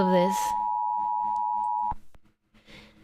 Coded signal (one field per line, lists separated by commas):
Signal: Emergency Alert System (SAME) tones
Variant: 853 and 960 Hz attention tone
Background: speech